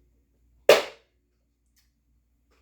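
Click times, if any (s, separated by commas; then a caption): 0.7 s. The upright body of a Miele Triflex stick vacuum is pulled back from its floor head, and the pivot lock lets go with a single sharp click at 0.7 s that fades out within about 0.3 s. The lock is released so the vacuum can pivot and move for vacuuming.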